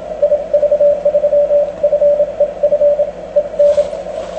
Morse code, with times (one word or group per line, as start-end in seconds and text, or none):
0.2-3.0 IV3FEF
3.4-3.8 EN